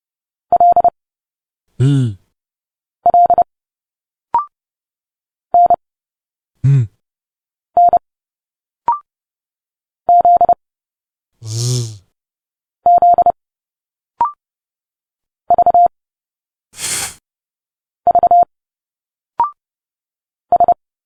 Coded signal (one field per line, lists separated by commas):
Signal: Morse code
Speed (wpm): 30 wpm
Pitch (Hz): 700 Hz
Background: none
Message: L L N N Z Z V V S